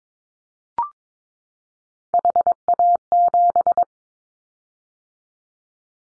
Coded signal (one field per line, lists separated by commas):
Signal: Morse code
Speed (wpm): 22 wpm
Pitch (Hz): 700 Hz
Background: none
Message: HA7